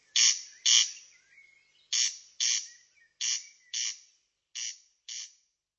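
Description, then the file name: Corn crake giving its rasping crex-crex call, four pairs of harsh notes in a steady rhythm. "derkacz"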